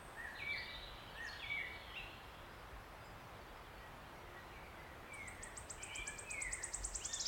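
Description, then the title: Wood warbler song near the end: after a few seconds of assorted background birdsong, high ticking notes begin and speed up. Male singing from the canopy of tangled oak trees in an ancient oak wood, on a steep-sided wooded valley in South Wales, in May, just after rain had stopped. "Sound Escape. listen to the cascade of wood warbler song in an ancient oak wood"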